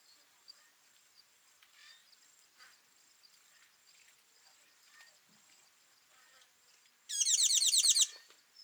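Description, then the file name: Tinkling cisticola heard once near the end as a loud, rapid chattering burst lasting about a second, after a stretch of soft background bird notes and steady insect hum. Call, at Kawelwa, Zambia, on 12 December 2021. "Tinkling Cisticola call ZM Kawelwa"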